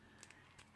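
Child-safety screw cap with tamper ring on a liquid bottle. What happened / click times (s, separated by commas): The plastic safety cap clicks free and opens / 0.2 s, 0.3 s, 0.6 s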